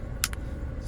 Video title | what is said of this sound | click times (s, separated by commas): How to change remote battery gmc terrain 2022 | put the remote back together, lock it all down. | 0.2 s, 0.3 s